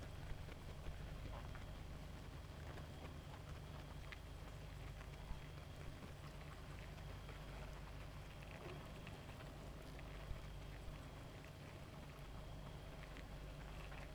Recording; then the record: honeybee colony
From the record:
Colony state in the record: active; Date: 28 July 2017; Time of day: 0:39